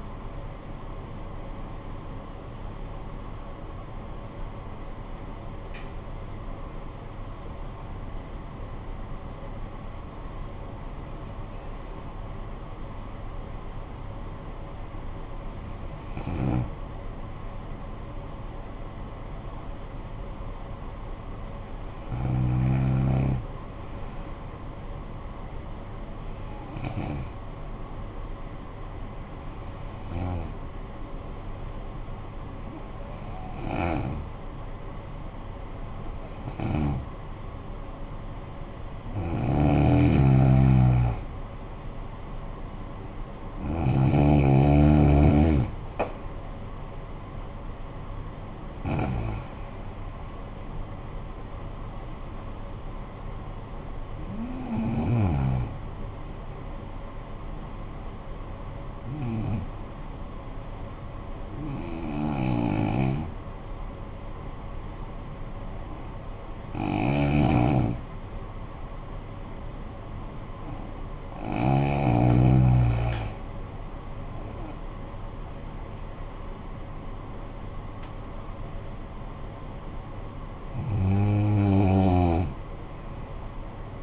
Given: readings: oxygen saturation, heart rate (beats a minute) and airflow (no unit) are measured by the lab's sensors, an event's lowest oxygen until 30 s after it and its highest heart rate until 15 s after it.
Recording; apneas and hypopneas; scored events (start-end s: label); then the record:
breathing in sleep by a smartphone at the bedside; 2
6.00-20.80 s: hypopnea (N1, oxygen 96% highest, then 92% lowest, heart rate 66 at the start, 66 highest)
26.00-38.50 s: hypopnea (N1, oxygen 94% highest, then 91% lowest, heart rate 54 at the start, 55 highest)
73.00-84.03 s: new sleep stage, N2 (light sleep)
From the record:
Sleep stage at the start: N1 (lightest sleep); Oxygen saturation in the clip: 90 to 96%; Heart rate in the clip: 46 to 76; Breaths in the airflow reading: 19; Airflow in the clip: -12.4 to 11.0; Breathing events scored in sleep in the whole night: 445 in 7.6 hours asleep